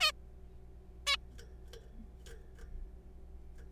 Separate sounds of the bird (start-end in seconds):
0.01-0.12, 1.07-1.16